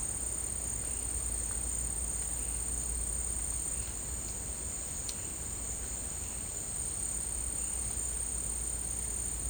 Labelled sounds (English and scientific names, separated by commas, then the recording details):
none
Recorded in secondary vegetation near Puerto Asís, Putumayo, Colombia, on 21 March 2025 at 14:00
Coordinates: 0.502, -76.326
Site G100